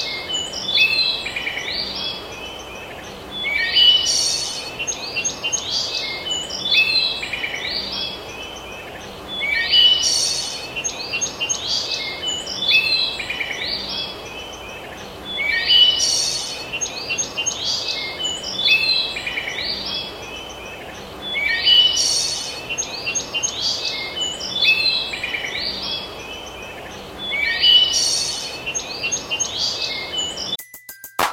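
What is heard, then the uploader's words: Birds sing in a forest in the morning, with bright chirping phrases that rise to a louder, fuller burst about every six seconds in a regular, repeating pattern. A soft, steady hiss of outdoor background noise runs underneath, and the sound cuts off abruptly at the end. The sound of birds singing in the forest in the morning.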